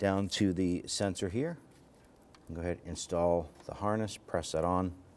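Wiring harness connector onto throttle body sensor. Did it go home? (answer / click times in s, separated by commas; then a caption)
no / none. Someone talks while handling a wiring harness connector, about to press it onto the throttle body sensor of a 2008-2013 Infiniti G37 3.7L V6 during throttle body assembly replacement. Apart from the talk, only a faint handling noise is heard around 2.4 s. Nothing has seated or clicked yet.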